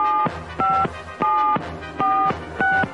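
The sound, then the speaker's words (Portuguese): A doctor's phone number is keyed in: five steady two-pitch touch-tone beeps, each about a quarter second long, separated by short pauses in an uneven rhythm, with no voices. “Acabei de achar o telefone do Dr. Josivaldo. Só um minuto que eu já vou ligar pra ele.”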